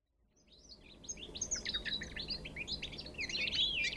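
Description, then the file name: European goldfinch calls fading in, then quick bright chattering twitters growing louder and denser toward the end. "Carduelis carduelis"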